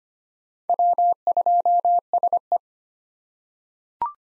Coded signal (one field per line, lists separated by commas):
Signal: Morse code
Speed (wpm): 25 wpm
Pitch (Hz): 700 Hz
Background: none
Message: W2SE